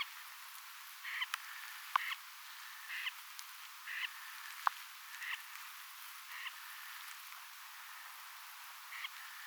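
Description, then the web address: Snipe calls: brief, scratchy notes repeated at irregular intervals, with a couple of sharp clicks and steady hiss behind. Compilation of recordings from 5 October 2024; many snipes present, reportedly including some pin-tailed snipes. "paivat 5 10 2024 kurppia paljon siella on joukossa tietaakseni joitakin suippopyrstokurppalintuja kooste"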